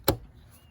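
A plastic trim piece on the liftgate of a 2005 Dodge Durango 5.7 L Hemi Edition is hooked into the sheet-metal liftgate first and then pushed up. A single sharp, broadband snap sounds at 0.1 s and quickly fades into low background noise. The trim piece has snapped into place and is seated.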